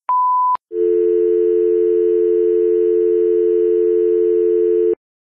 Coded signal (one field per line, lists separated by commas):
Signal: telephone call progress tone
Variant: North America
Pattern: dial tone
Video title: E Answering Machine w Dial Tone